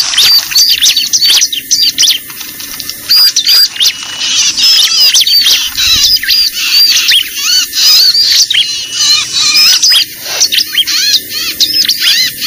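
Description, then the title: Lovebird chatter, repeated high squeaky chirps and harsh clicks in rapid succession, steady and overlapping throughout. Lure recording (pikat) used to attract lovebirds. "PIKAT BURUNG LOVEBIRD"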